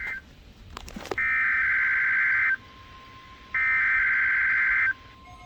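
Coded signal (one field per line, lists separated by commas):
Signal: Emergency Alert System (SAME) tones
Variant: header bursts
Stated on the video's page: EAS Required Weekly Test received off radio.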